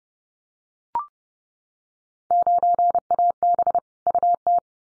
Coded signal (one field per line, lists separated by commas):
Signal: Morse code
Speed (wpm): 30 wpm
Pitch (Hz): 700 Hz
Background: none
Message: 9AB UT